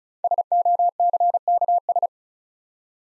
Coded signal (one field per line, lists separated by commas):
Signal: Morse code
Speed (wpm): 36 wpm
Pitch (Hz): 700 Hz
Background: none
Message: SOCKS